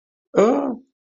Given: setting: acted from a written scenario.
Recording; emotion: vocal sound without words; distress